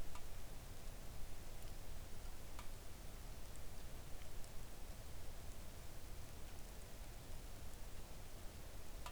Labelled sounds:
rain
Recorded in the Arctic National Wildlife Refuge, Alaska, on 3 August 2019 at 05:46
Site 41

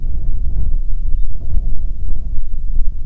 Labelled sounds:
songbird
wind
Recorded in the Prudhoe Bay oil fields, Alaska, on 6 June 2019 at 03:50
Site 16

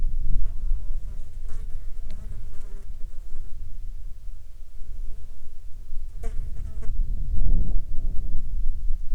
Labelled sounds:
insects
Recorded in the Arctic National Wildlife Refuge, Alaska, on 11 July 2019 at 13:54
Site 35

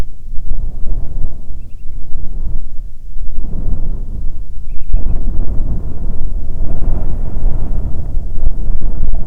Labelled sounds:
bird
wind
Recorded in the Arctic National Wildlife Refuge, Alaska, on 9 July 2019 at 21:43
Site 48

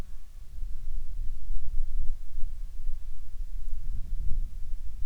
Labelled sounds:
wind
insects
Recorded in the Arctic National Wildlife Refuge, Alaska, on 10 July 2019 at 18:15
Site 44

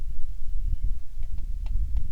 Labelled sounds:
bird
rain
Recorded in the Prudhoe Bay oil fields, Alaska, on 27 July 2019 at 18:23
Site 19

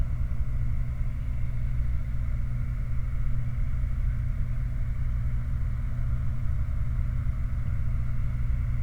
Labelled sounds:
machinery
flare stack
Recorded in the Prudhoe Bay oil fields, Alaska, on 28 July 2019 at 23:58
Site 29

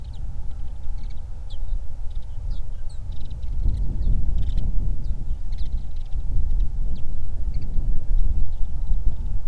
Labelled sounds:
songbird
wind
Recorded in the Prudhoe Bay oil fields, Alaska, on 31 July 2019 at 08:09
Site 24

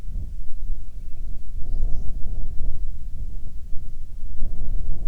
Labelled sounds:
bird
wind
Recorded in the Arctic National Wildlife Refuge, Alaska, on 9 July 2019 at 22:18
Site 48

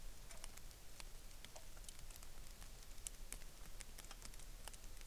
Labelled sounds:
rain
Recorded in the Arctic National Wildlife Refuge, Alaska, on 3 August 2019
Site 33

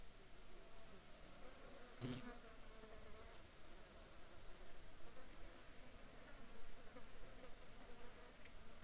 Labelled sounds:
insects
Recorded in the Arctic National Wildlife Refuge, Alaska, on 9 July 2019 at 08:21
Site 37

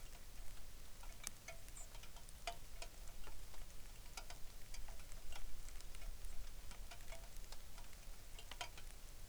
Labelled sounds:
songbird
rain
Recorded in the Arctic National Wildlife Refuge, Alaska, on 3 August 2019
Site 33

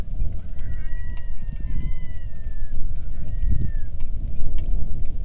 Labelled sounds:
loon
wind
rain
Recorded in the Arctic National Wildlife Refuge, Alaska, on 3 August 2019 at 09:58
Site 46

